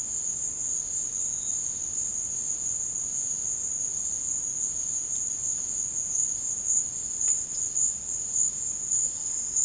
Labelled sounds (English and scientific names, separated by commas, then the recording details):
none
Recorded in dense forest near Puerto Asís, Putumayo, Colombia, on 8 March 2025 at 16:30
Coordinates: 0.486, -76.317
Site G053